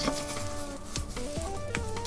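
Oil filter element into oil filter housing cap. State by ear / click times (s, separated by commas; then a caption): not seated / none. A paper oil filter element is handled and pushed toward the plastic oil filter housing cap (cloche) of a Renault Twingo 3 / Smart Forfour 453 with the 0.9 TCe engine, to be clipped in because the old element had come out with the cap and may not have been seated properly at the last service. A steady hiss-like rustle runs throughout, with brief sharp knocks at about 1.0 s and 1.8 s and softer taps near 1.9 s and 2.1 s. Nothing has seated or clicked yet; the element is still short of home when the clip ends.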